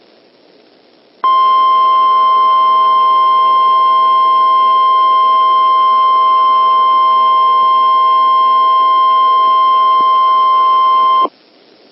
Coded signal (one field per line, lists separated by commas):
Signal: Emergency Alert System (SAME) tones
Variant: 1050 Hz attention tone